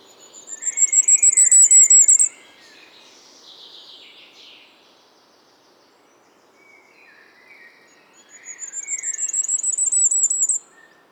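Firecrest song: two very high, thin runs of rapid notes, each about two seconds long and swelling in loudness, with softer lower chirps in between.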